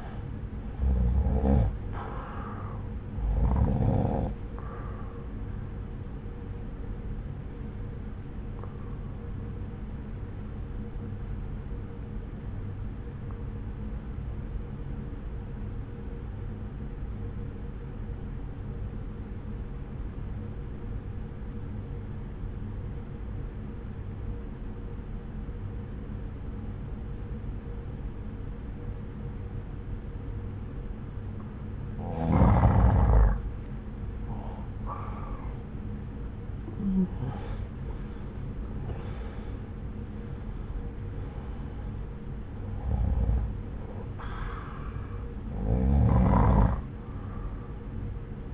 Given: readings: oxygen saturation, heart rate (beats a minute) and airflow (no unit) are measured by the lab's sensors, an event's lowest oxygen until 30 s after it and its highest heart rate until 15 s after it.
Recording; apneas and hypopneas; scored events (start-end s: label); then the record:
breathing in sleep by a smartphone at the bedside; 1
9.00-33.30 s: obstructive apnea (N1, oxygen 94% highest, then 88% lowest)
11.00-41.00 s: new sleep stage, N2 (light sleep)
41.00-48.54 s: new sleep stage, N1 (lightest sleep)
From the record:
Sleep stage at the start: N1 (lightest sleep); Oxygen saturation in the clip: 85 to 95%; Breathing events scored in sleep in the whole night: 303 in 8.1 hours asleep